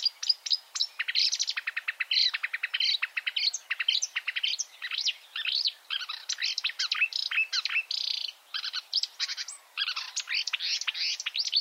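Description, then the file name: Marsh warbler song, a dense nonstop stream of buzzy phrases, rapid ticks and slurred chirps, varied and energetic throughout. "suara-kicauan-burung-marsh-warbler -omkicau"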